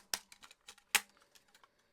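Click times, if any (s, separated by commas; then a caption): 0.1 s, 1.0 s. The plastic clamp of a propeller guard for a DJI FPV drone is brought around the drone arm and clicked closed, with sharp clicks at 0.1 s and 1.0 s and softer plastic ticks in between. The clamp is seated and the guard is installed.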